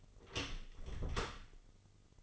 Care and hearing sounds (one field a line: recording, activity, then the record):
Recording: daily activity, microphone in the room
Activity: open door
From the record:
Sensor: 4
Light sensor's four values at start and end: 19/44/18/18 and 19/45/18/18